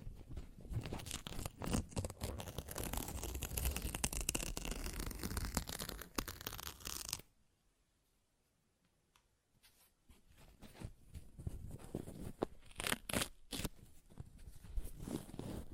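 Paper is ripped and torn in dense, crackling bursts for the first seven seconds. A near-silent pause follows until about ten seconds. Then tearing resumes in shorter, scratchy strokes, with a few sharp rips near thirteen seconds.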